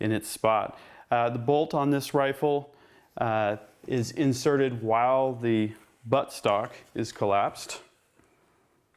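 Someone talks while handling a Ruger Precision Rifle, about to slide the steel bolt into the rifle receiver with the buttstock collapsed. The clip is mostly speech with quiet pauses and ends just before the bolt goes home; nothing has seated or clicked yet.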